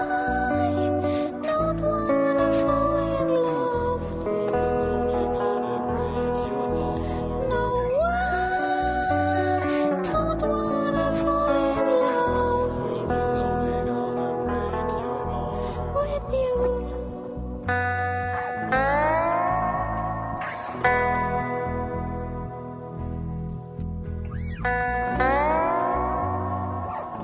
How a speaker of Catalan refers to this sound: Aquesta música també tan ambiental